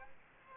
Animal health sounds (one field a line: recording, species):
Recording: mosquito wingbeat signal from an infrared sensor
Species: Aedes aegypti